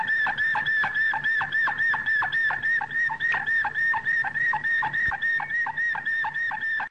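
A canary sings a fast, regular roll of bright whistled notes with falling tails, sustained through the whole passage.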